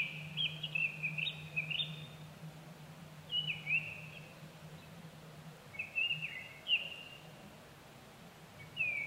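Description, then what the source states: Japanese thrush song: short whistled phrases with quick slurred notes, several bursts spaced a few seconds apart, over a steady low hum for the first half or more. Recorded 25 April 2010 at 18:00.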